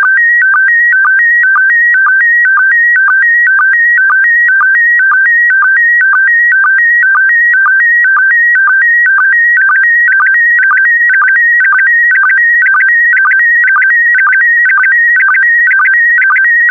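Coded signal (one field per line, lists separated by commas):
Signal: SSTV (slow-scan television)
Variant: PD120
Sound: steady warbling tone switching between two pitches with short low chirps about twice a second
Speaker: get ready starting transmission in 5 4 3 2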